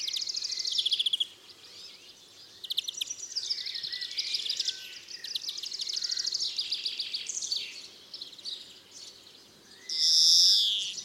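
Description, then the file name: European greenfinch song of repeated rattling trills and twitters in several bursts, ending with a long, loud nasal wheeze near the close. "Chloris chloris"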